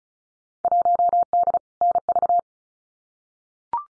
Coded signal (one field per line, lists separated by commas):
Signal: Morse code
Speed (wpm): 36 wpm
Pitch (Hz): 700 Hz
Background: none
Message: 1D NV